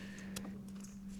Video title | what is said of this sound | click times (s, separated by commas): Porsche 911 991 Spark Plugs 40,000 Mile Service - Step by Step DIY | you will know it's on because you'll hear a click | 0.4 s